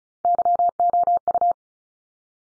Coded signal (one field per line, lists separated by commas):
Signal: Morse code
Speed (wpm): 35 wpm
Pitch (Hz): 700 Hz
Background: none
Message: YOU